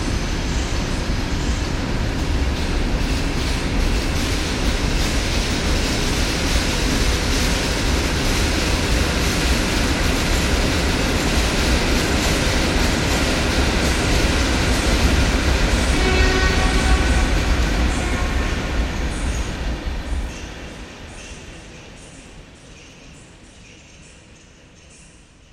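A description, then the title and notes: A train rumbles loudly and steadily through the station with dense low roar and rattling, then fades away after about twenty seconds. Wroclaw station - rush hour. Wroclaw station reimagined by David Cowlard. The sounds of the trains accelerating out of, and passing through, the station.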